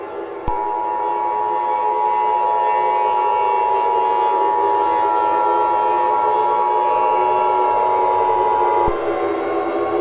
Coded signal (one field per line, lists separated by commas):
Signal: Emergency Alert System (SAME) tones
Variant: 853 and 960 Hz attention tone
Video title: (Gift for RadioactiveGirl00) EAS Scenario/Gift Scenario - Burning Earth (Ending for Rising Heat)